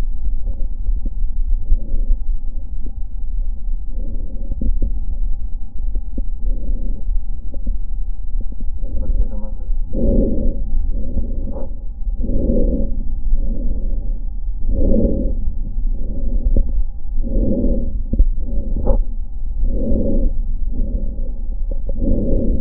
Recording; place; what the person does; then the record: lung sounds by stethoscope; left posterior apical chest; quiet breathing, then deep breathing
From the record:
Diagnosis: interstitial lung disease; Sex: female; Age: 70 years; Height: 160 cm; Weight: 93 kg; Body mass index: 36.3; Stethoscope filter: diaphragm mode